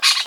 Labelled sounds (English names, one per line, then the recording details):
Brown-throated Parakeet contact call
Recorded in Venezuela
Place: Guárico; Corozopando; Fundo La Fe
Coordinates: 8.506, -67.593